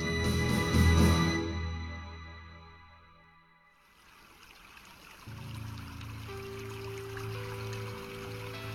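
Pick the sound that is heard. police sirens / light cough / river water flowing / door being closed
river water flowing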